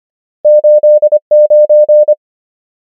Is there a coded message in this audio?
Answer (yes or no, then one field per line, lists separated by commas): yes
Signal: Morse code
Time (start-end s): 0.5-2.1 s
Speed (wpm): 25 wpm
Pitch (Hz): 600 Hz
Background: none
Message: 8 9